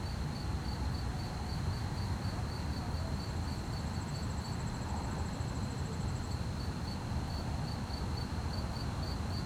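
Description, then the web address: Crickets give a fast, even pulsing chirp the whole time, with a brief high trill in the middle and a steady low-pitched background rumble. Fast-chirping crickets at night on a quiet street, with distant activity and slight wind; stereo. "GDC 2017-Game Audio Bundle Articulated Sounds - Quiet Streets QUIET STREET Night fast chirp crickets, distant activities, slight wind"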